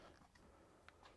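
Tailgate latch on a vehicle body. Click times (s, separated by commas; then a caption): 0.9 s. A tailgate on a 2024 JLU is pushed slowly closed by hand to check its clearance against a newly installed rear part, so it won't contact the tailgate and damage the paint. A faint click comes at 0.9 s over a low background hum. The latch only partly catches and does not engage all the way.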